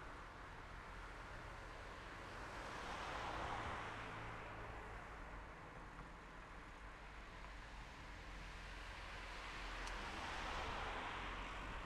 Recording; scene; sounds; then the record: everyday scene through a hearing-aid microphone; in traffic; traffic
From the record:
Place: city secondary road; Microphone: behind the ear, left, front